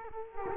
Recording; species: mosquito wingbeat signal from an infrared sensor; Culex quinquefasciatus